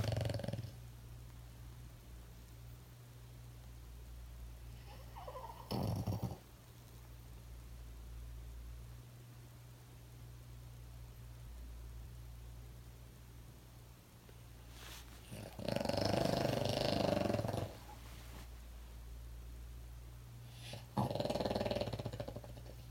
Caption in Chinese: 打呼、打呼、打呼，然后突然非常安静，安静了十几秒以后，狗狗再起来深呼吸，然后 伴随着一些很可怕的呼吸道的杂音。那这是典型的睡眠呼吸中止症。